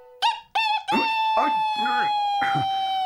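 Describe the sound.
A young rooster's crow, voiced by a person: two short, sharp calls, then one long, steady, high-pitched note held for over two seconds with a wavering, strained quality.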